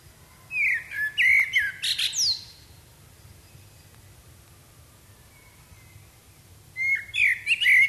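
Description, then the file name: Common blackbird song with a mellow warbled phrase ending in shrill high twittering, then a pause before a second phrase begins. "Turdus merula"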